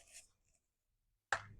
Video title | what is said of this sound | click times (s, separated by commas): Unboxing T Rex Arms Sidecar 2.0 - Glock 23 MOS Gen 5 | Oh, I love that clicking noise. | 1.3 s